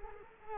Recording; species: mosquito wingbeat signal from an infrared sensor; Culex quinquefasciatus